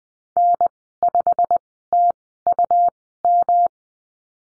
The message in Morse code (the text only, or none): N5TUM